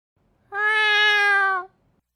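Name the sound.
cat meowing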